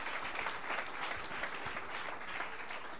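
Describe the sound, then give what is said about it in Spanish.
Steady applause from a church audience during a sermon, a dense wash of many hands clapping at once that holds an even, fairly loud level for the whole few seconds, with no voices standing out. “Aleluya, si le va del aplauso, dáselo, no te preocupes.”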